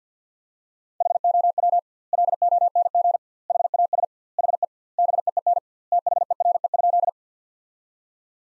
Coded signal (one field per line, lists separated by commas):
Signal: Morse code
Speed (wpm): 50 wpm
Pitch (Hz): 700 Hz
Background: none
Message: HOW LONG HAS HE BEEN THERE?